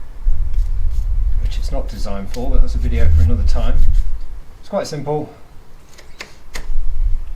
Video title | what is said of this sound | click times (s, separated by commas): E-bike setup guide - How to setup the BASIS SP20 folding ebike | slide them click into place | 6.2 s, 6.6 s